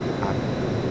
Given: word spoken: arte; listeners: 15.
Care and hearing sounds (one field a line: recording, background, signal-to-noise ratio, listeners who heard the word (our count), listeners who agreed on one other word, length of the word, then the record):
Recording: one Spanish word in noise, from a listening test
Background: speech-shaped noise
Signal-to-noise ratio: -6.5 dB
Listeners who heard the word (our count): 0 of 15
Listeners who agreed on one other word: 6 of 15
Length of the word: 0.51 s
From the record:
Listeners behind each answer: 6, 1, 1, 1, 1, 1, 1, 1, 1, 1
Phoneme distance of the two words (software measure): 27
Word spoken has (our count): 2 syllables, 4 phonemes, stress on syllable 1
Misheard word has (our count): 2 syllables, 5 phonemes, stress on syllable 1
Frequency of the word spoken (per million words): 184.61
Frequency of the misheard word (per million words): 38.12